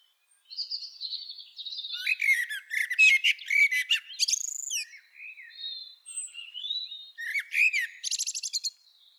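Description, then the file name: Common blackbird with a rapid, scratchy twittering phrase, a few whistled slides, then a final burst of high chattering notes. "Turdus merula"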